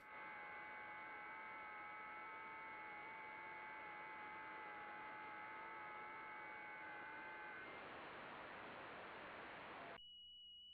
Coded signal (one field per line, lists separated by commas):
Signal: FT8